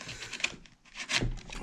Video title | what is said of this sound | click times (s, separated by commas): repairing a very old Poulan chainsaw. Over 20 years old!!!!! | so there we go now bring it down let it click on | 0.4 s